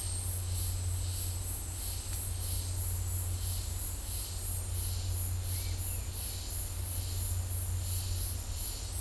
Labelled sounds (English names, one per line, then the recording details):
none
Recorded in dense forest near Puerto Asís, Putumayo, Colombia, on 15 December 2024 at 11:30
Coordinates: 0.503, -76.323
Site G043